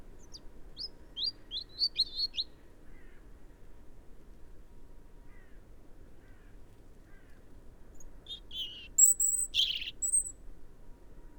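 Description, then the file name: European robin song: a series of high thin downslurred notes, a pause with faint soft notes, then a loud high tinkling burst near the end, over low rumbling background noise. "Erithacus rubecula"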